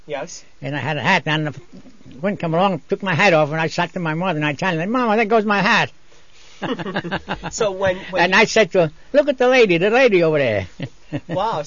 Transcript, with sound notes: And I had a hat on, the wind come along and took my hat off and I said to my mother in Italian, " Momma, there goes my hat." (he laughs) And I said to her, "Look at the Lady, the Lady over there!" (he laughs)
Wow.